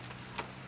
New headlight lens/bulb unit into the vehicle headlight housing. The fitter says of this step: quick and then it click right here this